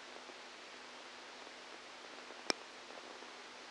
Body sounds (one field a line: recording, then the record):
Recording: brain microelectrode recording played as sound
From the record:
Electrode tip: outside the subthalamic nucleus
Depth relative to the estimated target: -6 mm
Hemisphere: left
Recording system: NeuroSet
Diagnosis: Parkinson's disease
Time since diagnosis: 12 years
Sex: male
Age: 61 years